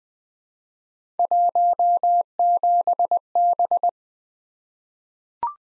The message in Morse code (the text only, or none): 17B